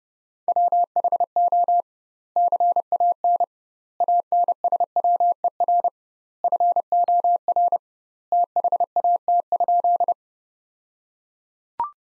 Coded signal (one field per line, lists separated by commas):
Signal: Morse code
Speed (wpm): 32 wpm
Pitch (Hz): 700 Hz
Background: none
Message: WHO CAN ANSWER FOR THAT?